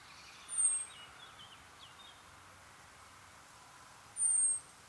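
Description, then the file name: Common blackbird uttering two high, thin, slightly descending whistles about three and a half seconds apart, with soft warbling notes between them. "Turdus merula"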